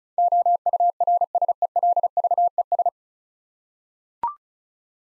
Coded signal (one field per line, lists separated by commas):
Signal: Morse code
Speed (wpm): 36 wpm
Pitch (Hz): 700 Hz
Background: none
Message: OURSELVES